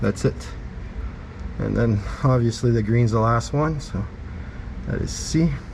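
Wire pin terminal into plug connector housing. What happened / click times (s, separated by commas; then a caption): Wire terminal handled at the connector, not yet seated; no click / none. A man talks while handling the last, green wire's pin terminal, about to push it into the back of a plastic plug connector housing during a Smart LED backup light install on a 2026 Can-Am HD11 Defender Limited. No click is heard, and nothing has seated or clicked yet when the clip ends.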